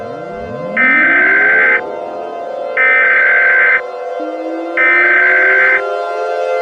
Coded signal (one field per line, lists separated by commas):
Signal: Emergency Alert System (SAME) tones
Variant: header bursts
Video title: (EAS Mock #4) Twister on Fort Worth (Speechify Tom TTS Test)